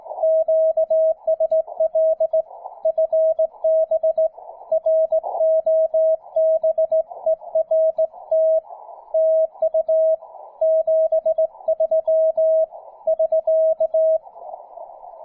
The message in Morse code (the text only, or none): QSL FB ROBERT TU 73 <SK>